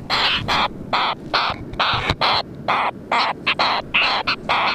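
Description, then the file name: Wilson's storm petrel giving rapid, harsh chattering notes in close succession, some clipped and quick, with a low rumbling background throughout. "Wilsons Storm Petrel Oceanites oceanicus"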